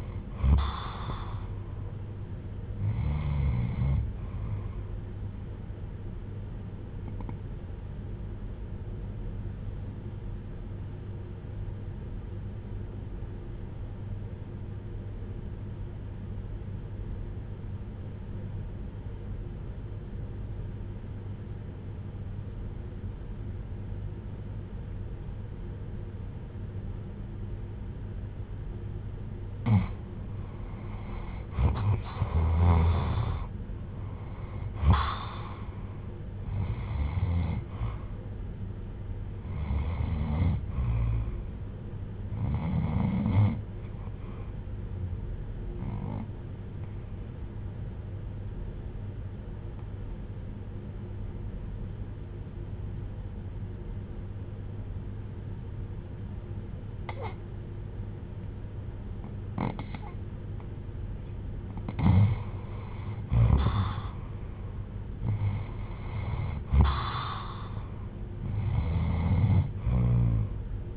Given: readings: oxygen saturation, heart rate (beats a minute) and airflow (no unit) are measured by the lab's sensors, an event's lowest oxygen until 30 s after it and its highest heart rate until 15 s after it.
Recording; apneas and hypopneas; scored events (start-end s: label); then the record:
breathing in sleep by a smartphone at the bedside; 2
7.00-33.20 s: hypopnea (REM, oxygen 97% highest, then 84% lowest, heart rate 62 at the start, 75 highest)
46.00-66.00 s: hypopnea (REM, oxygen 96% highest, then 90% lowest, heart rate 63 at the start, 71 highest)
From the record:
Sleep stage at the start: REM sleep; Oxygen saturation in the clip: 84 to 97%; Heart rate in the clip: 58 to 75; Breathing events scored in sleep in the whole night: 310 in 8.1 hours asleep